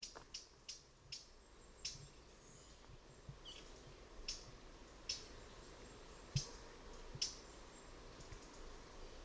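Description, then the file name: Eurasian blackcap uttering sparse, sharp ticking calls at uneven intervals, roughly one a second, over quiet low background noise. "Sylvia atricapilla"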